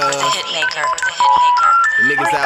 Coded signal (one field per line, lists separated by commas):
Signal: telephone call progress tone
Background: speech, music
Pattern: special information tone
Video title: Call Back- Chill Will | KingIce.com Rap Contest IV